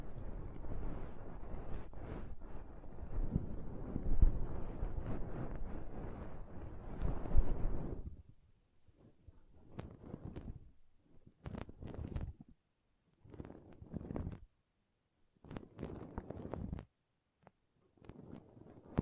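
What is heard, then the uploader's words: Pom pom tingles: soft, fuzzy rubbing that fills the first eight seconds with a dense, low, muffled rustle. After that it breaks into short scratchy swipes, each lasting a second or so, separated by brief silences and arriving every couple of seconds. ASMR Ultimate Pom Pom Tingles (No Talking).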